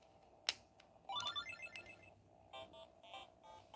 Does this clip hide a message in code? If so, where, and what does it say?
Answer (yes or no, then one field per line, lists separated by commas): no